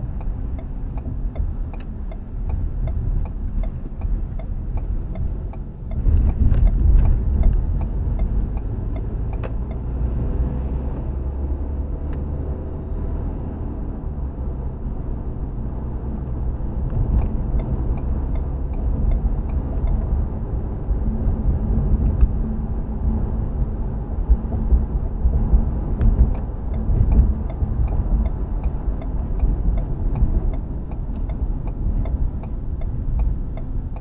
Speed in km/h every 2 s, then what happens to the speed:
29, 24, 24, 29, 37, 45, 48, 52, 53, 56, 58, 58, 56, 55, 47, 40, 29.
4-23 speeds up to 58. 23-34 slows to 29.